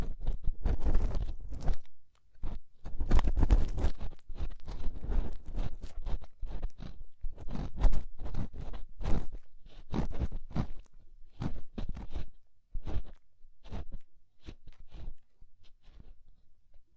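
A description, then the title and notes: Ear scraping crackles in dense crunchy bursts for the first four seconds, then thins into sharper separate scratches and clicks at uneven intervals. Inner and Outer Ear Scraping (No Talking).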